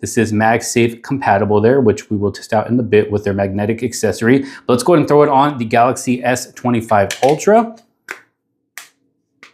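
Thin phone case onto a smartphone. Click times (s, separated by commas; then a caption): 8.8 s. Someone talks for about eight seconds, then a thin woven aramid-fiber PITAKA case, MagSafe compatible, is pressed onto a Samsung Galaxy S25 Ultra with a few short taps. It snaps on with a sharp click at 8.8 s, and the case is seated.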